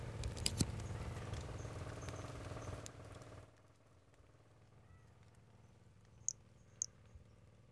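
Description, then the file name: Brachycephalus albolineatus: frog call: a few faint high notes, then two clear, very high short notes near the end, over a low rumbling hum that drops away midway. One individual (number 06) recorded; example 03; specimen not vouchered. "Brachycephalus albolineatus individual 06 example 03 unvouchered"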